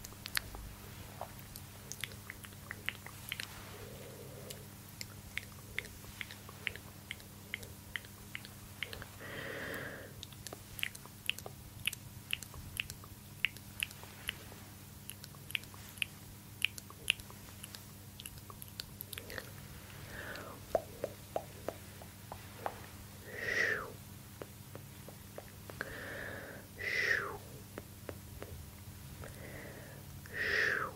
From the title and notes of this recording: ASMR Tingly Mouth Sounds & Relaxing Light Triggers.